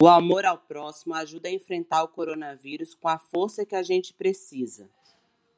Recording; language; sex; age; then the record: spoken sentence; Brazilian Portuguese; female; 40 to 49 years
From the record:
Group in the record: control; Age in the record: 43 years